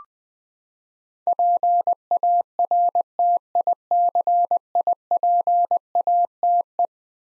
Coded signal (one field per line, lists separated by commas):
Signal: Morse code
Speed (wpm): 20 wpm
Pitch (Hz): 700 Hz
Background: none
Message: PARTICIPATE